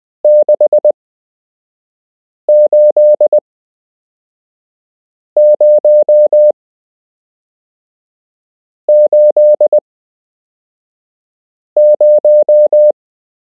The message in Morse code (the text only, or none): 68080